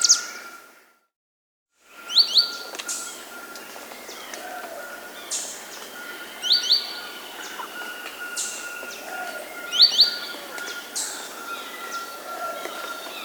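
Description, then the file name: White-vented euphonia song: short pairs of thin, high, rising notes repeated every few seconds over a steady insect-like drone and other faint high chirps. Recorded in the Amazon, Peru. "White-vented Euphonia (Euphonia minuta), Peru"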